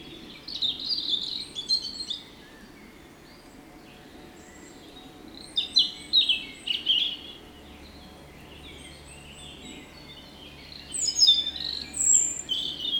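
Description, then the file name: European robin: high, thin twittering phrases in a few bouts separated by pauses, over steady low background noise. "Erithacus rubecula"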